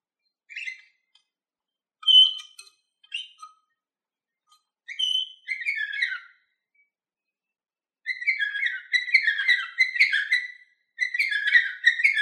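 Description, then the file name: Canary song beginning with scattered short chirps and whistles, then building into dense, continuous warbled trills. Orpheus V3 canary recording. "kn orpheus v 3 omkicau"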